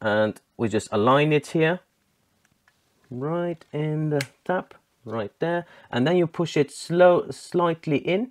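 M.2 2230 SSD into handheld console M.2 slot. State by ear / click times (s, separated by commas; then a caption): not seated / none. A 2TB M.2 2230 SSD is lined up with the M.2 slot in a ROG Ally Z1 Extreme handheld gaming PC and pushed slowly in while someone talks, with two faint ticks at 2.5 and 2.7 seconds during a quiet pause. The drive has not seated or clicked yet.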